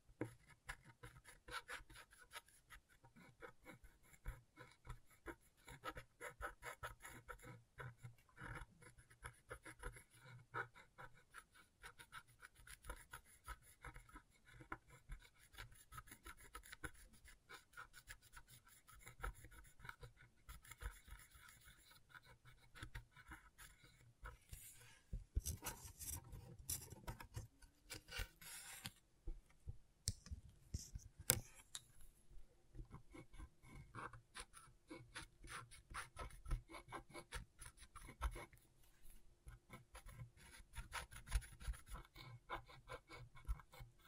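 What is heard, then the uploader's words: A tool scratches across scratchboard in dense, uneven rasping strokes throughout, close up, with a louder burst around twenty-five seconds in. ASMR Brain Tingling Scratchboard (No Talking).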